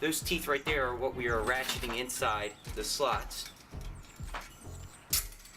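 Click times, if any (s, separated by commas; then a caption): 5.1 s. Bent metal mounting straps of a flood vent are pushed into the slots at the back of the vent frame so their teeth ratchet in. Someone talks for most of the clip, then a sharp click is heard at 5.1 seconds as a strap seats in the frame slot.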